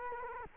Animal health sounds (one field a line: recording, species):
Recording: mosquito wingbeat signal from an infrared sensor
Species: Culex quinquefasciatus